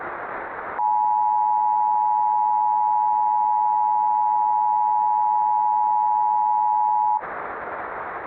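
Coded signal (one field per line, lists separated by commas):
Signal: Emergency Alert System (SAME) tones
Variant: 853 and 960 Hz attention tone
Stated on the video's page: Fictional mock EAS scenario.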